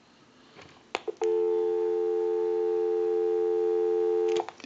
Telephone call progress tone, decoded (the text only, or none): dial tone